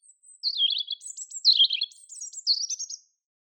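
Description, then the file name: European robin song: three short phrases in quick succession, each a high thin whistle dropping into a fast sparkling twitter. "Erithacus rubecula"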